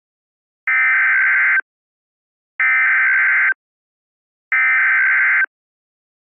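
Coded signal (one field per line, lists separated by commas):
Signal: Emergency Alert System (SAME) tones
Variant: header bursts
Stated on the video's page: Mock recreation of the 2011 national EAS test.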